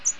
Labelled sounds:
American Redstart (Setophaga ruticilla) flight call

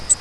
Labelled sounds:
Grace's Warbler (Setophaga graciae) flight call

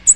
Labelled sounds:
American Redstart (Setophaga ruticilla) flight call

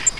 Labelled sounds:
Grace's Warbler (Setophaga graciae) flight call

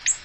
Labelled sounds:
Ovenbird (Seiurus aurocapilla) flight call

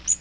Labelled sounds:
Magnolia Warbler (Setophaga magnolia) flight call

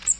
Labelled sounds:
Magnolia Warbler (Setophaga magnolia) flight call

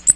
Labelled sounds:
Magnolia Warbler (Setophaga magnolia) flight call

